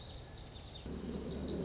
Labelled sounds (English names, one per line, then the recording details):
Lazuli Bunting
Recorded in Sonoma County, California